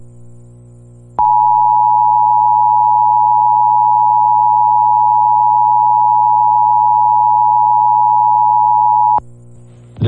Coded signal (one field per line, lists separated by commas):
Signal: Emergency Alert System (SAME) tones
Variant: 853 and 960 Hz attention tone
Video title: KRKN Eldon, IA Legal ID + EAS Test (12/1/21)